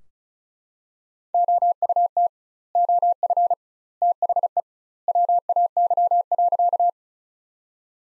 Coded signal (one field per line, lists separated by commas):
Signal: Morse code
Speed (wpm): 34 wpm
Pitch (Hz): 700 Hz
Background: none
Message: OUT OF THE WAY.